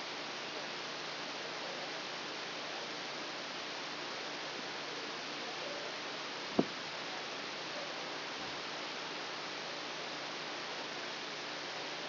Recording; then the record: brain microelectrode recording played as sound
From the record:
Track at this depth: outside the subthalamic nucleus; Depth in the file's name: -0.683 mm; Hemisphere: left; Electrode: 2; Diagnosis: Parkinson's disease